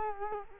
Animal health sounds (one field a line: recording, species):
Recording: mosquito wingbeat signal from an infrared sensor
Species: Culex quinquefasciatus